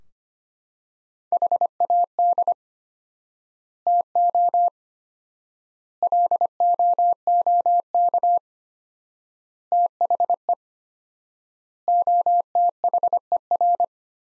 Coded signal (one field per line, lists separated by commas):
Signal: Morse code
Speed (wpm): 25 wpm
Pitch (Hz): 700 Hz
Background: none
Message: HAD TO LOOK THE OTHER